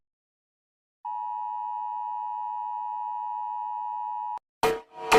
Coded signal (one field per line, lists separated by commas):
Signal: Emergency Alert System (SAME) tones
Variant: 853 and 960 Hz attention tone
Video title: Rating EAS Alarms again.. (READ DESCRIPTION)